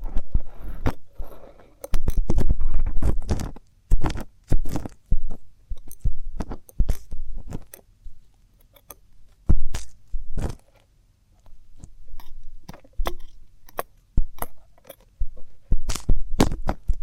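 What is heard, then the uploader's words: Rubbing and crackling right at the ear, like fingertips or an object working around the ear canal. Sharp clicks and crunchy bursts come every second or so, with denser rustling in the first few seconds and muffled low thumps between. ASMR Inner Ear and Ear Drum Stimulation (No Talking).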